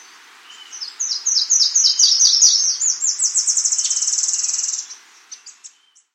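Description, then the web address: Rufous-rumped antwren giving a high, accelerating series of thin notes that speeds into a rapid even trill, lasting about four seconds, followed by a few scattered soft notes. South America. "Natures Songs S America Rufous-Rumped Antwren"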